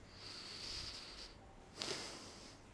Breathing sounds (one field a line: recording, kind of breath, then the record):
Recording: one breath in and out by a microphone near the nose and mouth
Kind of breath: deep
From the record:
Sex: male